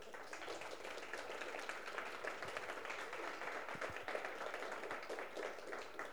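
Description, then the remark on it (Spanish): A crowd applauds steadily for about six seconds, a dense, even wash of many hands clapping at once with no voices standing out and no clear rise or fade, welcoming a speaker introduced as Madrid coordinator of the Organización Internacional Poetas de la Tierra y Amigos de la Poesía. “Por ende, pido para él un fuerte aplauso.”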